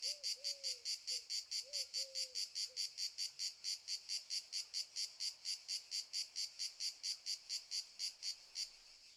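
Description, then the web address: Cicada stridulation in sharp, high, buzzing pulses, stopping near the end; a few fainter, lower chirps early on. Cicadas stridulating very loudly in summer fields during the morning. "Sculp Tunes - Summer in the field - Crickets and Cicadas"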